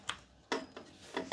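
A second DDR5 SO-DIMM memory stick is pressed down into a laptop motherboard's memory slot until the retaining clips catch. A faint tick at 0.1 s is followed by the main sharp snap at 0.5 s, then softer clicks near 0.8 s and 1.2 s. The module is seated.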